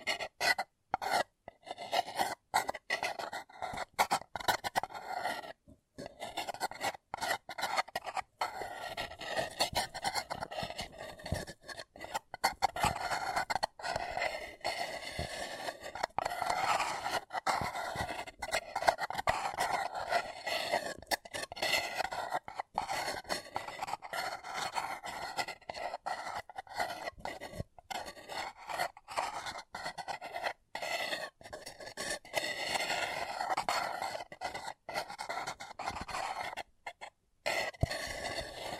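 A paper cup is being rubbed and scraped in a steady, dense run of crinkly, raspy rustling that lasts the whole way through. The texture stays bright and busy, broken by frequent brief gaps, with a few longer pauses near six and thirty-seven seconds.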